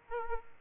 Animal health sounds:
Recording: mosquito wingbeat signal from an infrared sensor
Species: Aedes aegypti

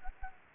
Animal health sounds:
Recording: mosquito wingbeat signal from an infrared sensor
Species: Anopheles gambiae

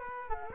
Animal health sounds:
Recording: mosquito wingbeat signal from an infrared sensor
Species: Culex quinquefasciatus

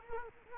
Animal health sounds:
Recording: mosquito wingbeat signal from an infrared sensor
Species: Culex quinquefasciatus

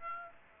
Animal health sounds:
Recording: mosquito wingbeat signal from an infrared sensor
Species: Aedes aegypti

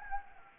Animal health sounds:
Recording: mosquito wingbeat signal from an infrared sensor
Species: Anopheles gambiae

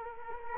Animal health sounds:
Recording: mosquito wingbeat signal from an infrared sensor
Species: Culex quinquefasciatus

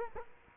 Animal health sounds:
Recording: mosquito wingbeat signal from an infrared sensor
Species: Culex quinquefasciatus

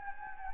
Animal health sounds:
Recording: mosquito wingbeat signal from an infrared sensor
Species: Anopheles gambiae

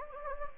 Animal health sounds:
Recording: mosquito wingbeat signal from an infrared sensor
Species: Anopheles gambiae

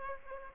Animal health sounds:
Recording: mosquito wingbeat signal from an infrared sensor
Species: Aedes aegypti

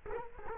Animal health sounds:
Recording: mosquito wingbeat signal from an infrared sensor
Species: Culex quinquefasciatus

